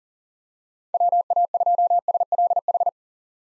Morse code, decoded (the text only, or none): WA2SLH